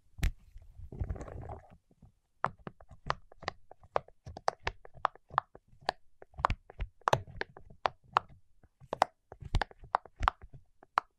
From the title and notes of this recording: ASMR with Wax Fingertips for Sleep (No Talking).